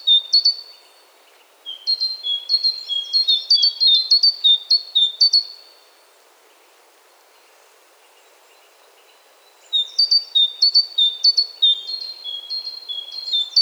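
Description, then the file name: Great tit singing quick repeated two-note phrases, a high note dropping to a lower one, in two bursts separated by several seconds of quiet. "Parus major"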